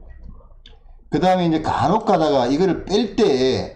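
A wire connector is pushed back into its socket on the indoor unit PCB of a system air conditioner during cleaning or inspection. A single sharp tick is heard at 0.7 seconds, and then someone talks. The connector clicks in and is seated.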